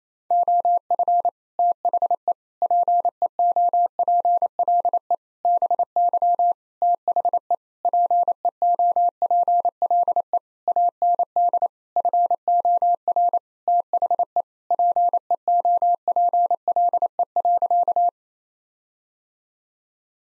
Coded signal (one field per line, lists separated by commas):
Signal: Morse code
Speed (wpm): 28 wpm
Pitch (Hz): 700 Hz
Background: none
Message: OF THE PEOPLE BY THE PEOPLE AND FOR THE PEOPLE.